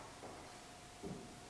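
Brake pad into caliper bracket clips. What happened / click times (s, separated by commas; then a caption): Pad handled against its bracket clips, not yet snapped home / none. A new brake pad for an S2000 is handled and pressed bottom first into the caliper bracket abutment clips during a brake rotor and pad replacement. Soft handling noises rise briefly near 0.2 s and again around 1.0–1.1 s over a steady background hum. Nothing has seated or snapped into place yet.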